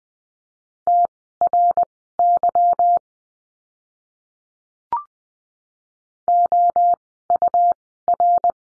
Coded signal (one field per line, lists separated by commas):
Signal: Morse code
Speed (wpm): 20 wpm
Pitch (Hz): 700 Hz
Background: none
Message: TRY OUR